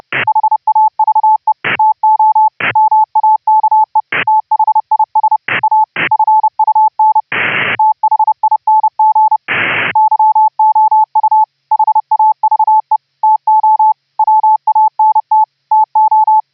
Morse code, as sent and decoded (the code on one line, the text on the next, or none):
.... .- ...- . / - --- / -- .- -.- . / - .... .. ... / .- / ..-. ..- -. / - .... .. -. --. / -.-- --- ..- / .... .- ...- . / - --- / .-- .- -. - / - ---
HAVE TO MAKE THIS A FUN THING YOU HAVE TO WANT TO